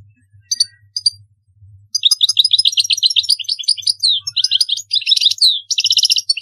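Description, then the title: European goldfinch song, a couple of short chirps then a long, lively stream of twittering, buzzy trills and liquid notes, over a soft low hum. "Chant Chardonneret"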